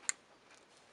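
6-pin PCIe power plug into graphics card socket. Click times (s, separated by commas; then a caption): 0.1 s. A 6-pin PCIe power plug is pushed into the power socket of an Nvidia GeForce GTX 760 graphics card and clicks in with one sharp, bright click at 0.1 s. A faint low hiss is all that follows. The connector is seated and connected.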